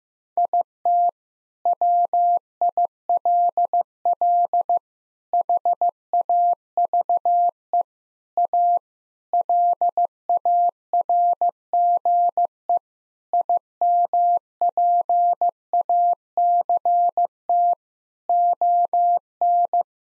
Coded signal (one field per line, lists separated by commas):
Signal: Morse code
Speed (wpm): 15 wpm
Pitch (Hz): 700 Hz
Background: none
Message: IT WILL HAVE A LARGE IMPACT ON